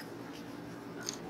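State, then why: Seated. A plastic scroll wheel accessory is plugged into the connector port of a pocket gimbal camera. Under a low steady background, a short, sharp click at 1.1 s marks the wheel snapping into place, seated.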